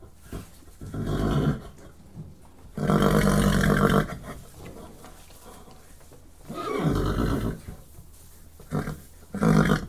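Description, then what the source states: Horse whickers: several low, fluttering rumbles, the longest lasting over a second, separated by quieter breathy pauses. Whickering horses in stables, with one particularly dominant horse recorded from a close perspective.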